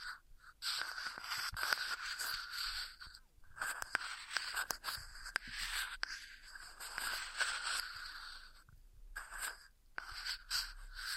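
Ear massage sounds: soft, dense rubbing and brushing with crisp scratchy textures, nearly continuous, broken by brief pauses near three, eight and ten seconds.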